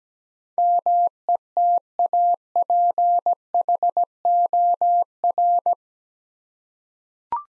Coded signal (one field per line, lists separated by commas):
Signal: Morse code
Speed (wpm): 17 wpm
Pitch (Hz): 700 Hz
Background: none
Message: METAPHOR